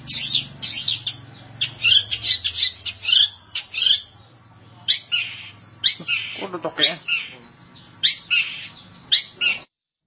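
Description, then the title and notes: Long-tailed Shrike uttering harsh, raspy squawks and chatters in irregular bursts. "Pentet 201703. Suara burung pentet"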